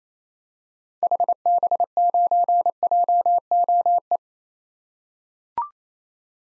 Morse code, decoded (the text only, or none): HB9JOE